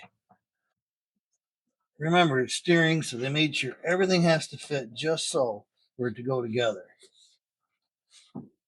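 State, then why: Not seated. Someone tries to refit a steel pinch bolt through the splined rag joint coupling on the steering shaft of a 1971 Chevy C10 pickup, but the bolt won't go through because the coupling isn't fully seated on the shaft, possibly off by one spline. Only a faint tap is heard near 0.3 s, and then someone talks from about 2.0 s to the end. Nothing has seated or clicked yet.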